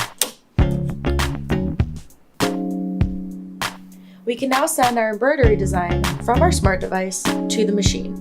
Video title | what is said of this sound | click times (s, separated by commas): EverSewn Sparrow X Embroidery Feature | and slide the embroidery hoop onto the embroidery unit of the machine you'll hear it click into place | 0.2 s